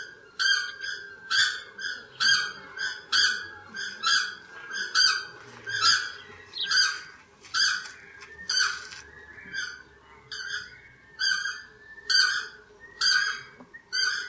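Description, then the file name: South Island takahe giving a long steady series of loud harmonic calls, roughly one per second, interleaved with softer notes, over a low constant background hum. "Notornis"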